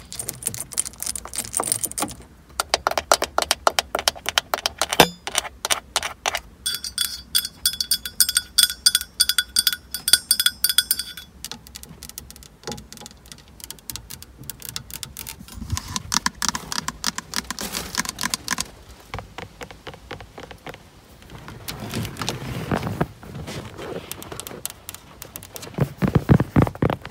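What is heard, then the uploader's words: Rapid, dense tapping on an old car's lens, a fast run of sharp clicks that keeps changing in rate and brightness. Some passages ring with a bright metallic tone, while quieter stretches near the middle and a low rumble near the end break up the rhythm. FAST CAR TAPPING LENS TAPPING (OLDTIMER).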